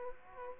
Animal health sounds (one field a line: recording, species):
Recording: mosquito wingbeat signal from an infrared sensor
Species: Aedes aegypti